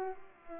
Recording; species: mosquito wingbeat signal from an infrared sensor; Culex pipiens